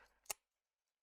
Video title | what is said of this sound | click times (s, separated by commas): Agora Models Build the Mitsubishi A6M Zero Fighter - Pack 7 - Stages 54-61 | you hear that click oh that's perfect so there we go so that's in no problems at all | 0.3 s